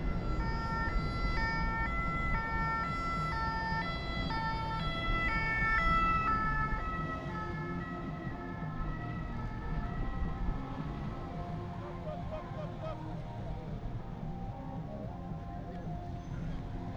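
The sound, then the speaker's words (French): An ambulance siren blares in a steady two-tone pattern over a low rumble of traffic and engines as the ambulance arrives on the industrial boulevard in Sotteville-lès-Rouen, France, during a road blockade, with vehicles maneuvering to let it pass. It fades after about six seconds, leaving the road noise. “Il y a des manœuvres pour faciliter le passage à une ambulance qui est en train d'arriver au fond.”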